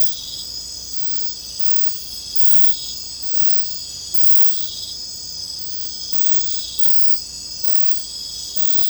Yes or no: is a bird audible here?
no